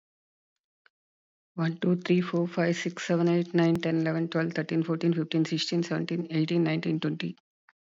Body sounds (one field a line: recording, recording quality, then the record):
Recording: counting at a fast pace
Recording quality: excellent, no background noise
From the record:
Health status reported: recovered from COVID-19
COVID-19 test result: positive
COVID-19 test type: RT-PCR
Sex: female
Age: 59 years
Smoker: no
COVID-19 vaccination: both doses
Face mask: not worn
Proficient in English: yes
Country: India